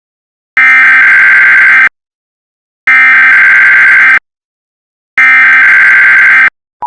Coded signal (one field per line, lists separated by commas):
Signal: Emergency Alert System (SAME) tones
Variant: header bursts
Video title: The Event (An EAS Scenario)